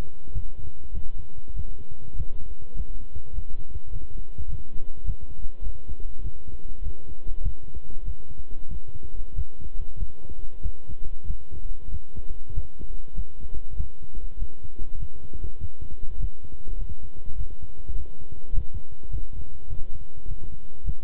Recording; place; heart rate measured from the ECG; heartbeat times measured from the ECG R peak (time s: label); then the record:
heart sounds by stethoscope; between the tricuspid and mitral areas; 99 bpm
0.31 s: heartbeat
0.92 s: heartbeat
1.54 s: heartbeat
2.14 s: heartbeat
2.74 s: heartbeat
3.33 s: heartbeat
3.90 s: heartbeat
4.47 s: heartbeat
5.04 s: heartbeat
5.62 s: heartbeat
6.21 s: heartbeat
6.81 s: heartbeat
7.41 s: heartbeat
8.03 s: heartbeat
8.68 s: heartbeat
9.33 s: heartbeat
9.96 s: heartbeat
10.61 s: heartbeat
11.25 s: heartbeat
11.89 s: heartbeat
12.52 s: heartbeat
13.13 s: heartbeat
13.75 s: heartbeat
14.37 s: heartbeat
14.97 s: heartbeat
15.58 s: heartbeat
16.18 s: heartbeat
16.76 s: heartbeat
17.36 s: heartbeat
17.94 s: heartbeat
18.52 s: heartbeat
19.09 s: heartbeat
19.68 s: heartbeat
20.26 s: heartbeat
20.83 s: heartbeat
From the record:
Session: walking at 3.7 km/h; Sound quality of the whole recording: good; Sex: male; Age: 26 years